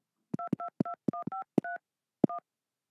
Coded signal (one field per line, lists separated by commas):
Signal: DTMF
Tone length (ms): 120 ms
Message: 222153 1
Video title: HOW TO DO THE MARIO THEME SONG ON KEYPAD